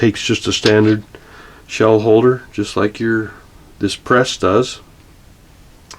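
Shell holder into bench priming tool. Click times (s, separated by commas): 5.9 s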